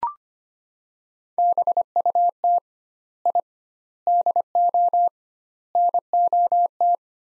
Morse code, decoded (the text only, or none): BUT I DO NOT